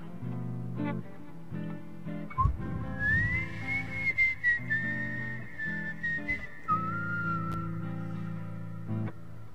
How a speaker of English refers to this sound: Hard not to whistle and blow into the microphone like.